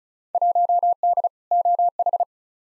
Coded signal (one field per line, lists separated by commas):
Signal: Morse code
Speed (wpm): 36 wpm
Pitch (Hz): 700 Hz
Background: none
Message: 1D OH